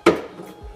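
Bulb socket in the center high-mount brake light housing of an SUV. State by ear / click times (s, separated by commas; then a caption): released / 0.1 s. A plastic bulb socket in the center high-mount brake light housing of a Honda CR-V SUV is turned counter-clockwise to unlock it. A single sharp, small snap at 0.1 s is followed by a quiet, fading tail. The socket comes free and is released from the housing.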